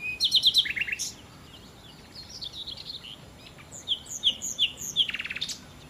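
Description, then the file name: Common nightingale song: fast repeated high notes and a lower slurred phrase, then spaced piercing whistles and a buzzy rattle. "Nachtigall"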